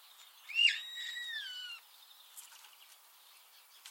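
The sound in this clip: Eurasian starling call: one loud whistle that rises sharply, then slides slowly downward over about a second.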